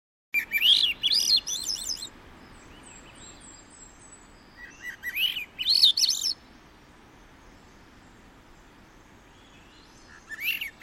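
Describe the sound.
Swainson's thrush song: two fluty phrases spiralling upward from low to high pitch, separated by a pause, with a faint thin high series between them, and the start of a third phrase at the very end.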